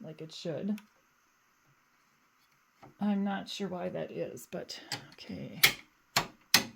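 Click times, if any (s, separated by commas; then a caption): 6.2 s, 6.5 s. Someone talks while working a Durkee sleeve fast frame onto the arm of a Brother PR1055X embroidery machine, pulling it out a little and retrying because it can take a few tries to snap in. Two loud, sharp snaps sound at 6.2 s and 6.5 s as the frame seats on both sides.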